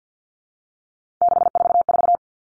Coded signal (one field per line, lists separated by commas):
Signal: Morse code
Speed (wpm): 50 wpm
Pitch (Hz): 700 Hz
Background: none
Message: 644